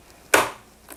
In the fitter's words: should hear another click and now you've engaged your bobbin winder and